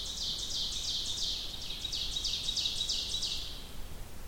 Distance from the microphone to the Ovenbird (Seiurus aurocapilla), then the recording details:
about 50 m. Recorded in boreal forest in Alberta, Canada, on 2 June 2016 at 08:49. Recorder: SongMeter 3, array SBT-3-7. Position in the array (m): 53 m, 84 m. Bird 5